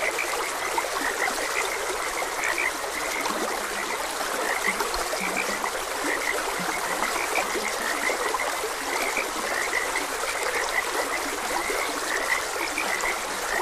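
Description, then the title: Frog croaks, quick repeated chirpy notes with a few lower grunts, heard against the constant hiss of flowing water. Frogs croaking beside a gentle stream. "Gentle Stream and Frogs Croaking"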